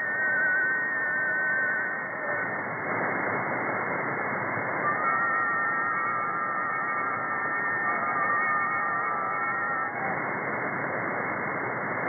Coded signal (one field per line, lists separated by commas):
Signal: FT4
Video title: 28180 kHz - FT4 Weak Signal Digital Mode